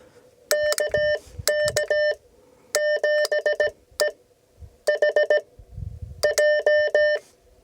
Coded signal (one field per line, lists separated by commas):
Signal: Morse code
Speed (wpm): 17 wpm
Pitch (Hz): 600 Hz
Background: none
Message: KK7EHJ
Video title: Learning CW the Hard Way - Back to Coronado National Forest (POTA)